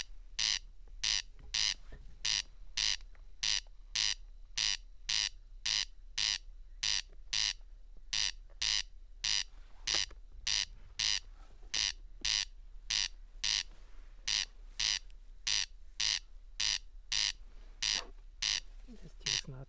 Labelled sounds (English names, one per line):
Corn Crake song